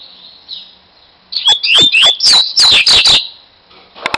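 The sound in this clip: Double-collared seedeater singing one loud, fast burst of buzzy, sweeping notes lasting about two seconds, preceded and followed by softer chirps.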